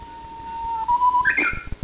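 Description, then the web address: Japanese bush warbler song: a long steady whistled note held for about a second, then a sharp rising flourish. Recorded at Tanabe. "tanabe uguisu"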